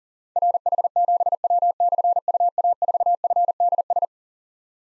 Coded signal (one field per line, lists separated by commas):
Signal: Morse code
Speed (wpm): 43 wpm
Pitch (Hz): 700 Hz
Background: none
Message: RH7W/UA4FDS